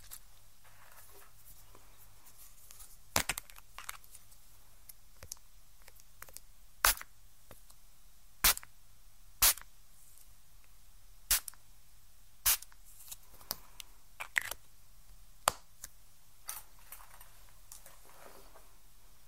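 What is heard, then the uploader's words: Ear cleaning sounds: sharp, dry clicks and brief scratches break a near-silent background. They come irregularly, every second or two, sometimes in quick pairs or small clusters, with the loudest snaps around three, seven, eight and twelve seconds. ASMR EXTREMELY TINGLY Ear Cleaning Sounds.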